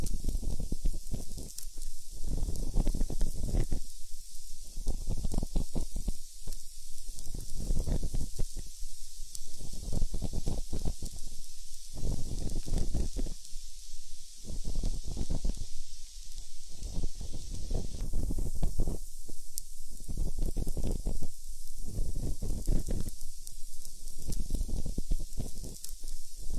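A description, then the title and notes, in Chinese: An ear candle sizzles, with a steady high hiss and dense crackling pops, something like meat grilling or rain. Low, muffled rumbles swell and drop out every second or two throughout, while the bright hiss carries on unbroken. 滋滋耳烛，像烤肉还是下雨。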